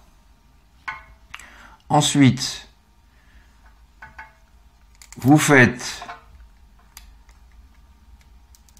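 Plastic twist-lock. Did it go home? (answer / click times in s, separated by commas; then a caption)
yes / 7.0 s. A basin is given a half turn on its base until it locks, with short clatters and taps around 0.9, 1.3 and 4.0–4.2 seconds while someone talks. A sharp click at 7.0 seconds signals the basin is properly locked onto its base.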